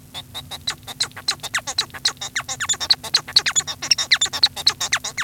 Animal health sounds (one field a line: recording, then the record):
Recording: song of a male Bengalese finch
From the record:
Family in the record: son of father 1